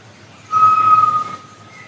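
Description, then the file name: Solitary tinamou giving a single pure, steady whistle lasting under a second, level in pitch and ending abruptly, over a quiet background. "canto do macuco"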